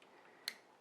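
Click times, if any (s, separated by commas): 0.5 s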